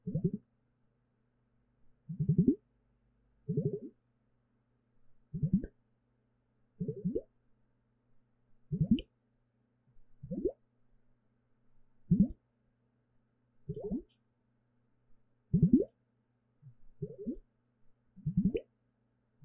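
Water makes a gurgling sound in a repeated pattern of deep, round glugs. About a dozen separate gulps come at fairly even gaps of one to two seconds across the clip. Each one is low and short, and a faint steady hum lies underneath.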